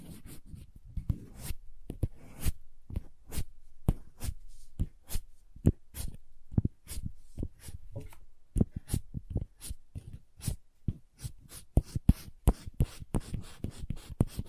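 Crayons tap against a hard surface in quick, sharp clicks, each a short bright strike, coming several times a second with uneven spacing. Between taps there are soft scratchy scrapes of drawing, and the taps grow denser and louder after about nine seconds.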